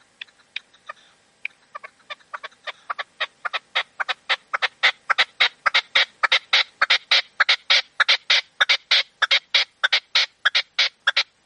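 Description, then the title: Partridge or tinamou song: sharp, rasping notes start sparse and quiet, then quicken and grow louder into a fast, even rhythmic series. "CANTO DE LA PERDIZ"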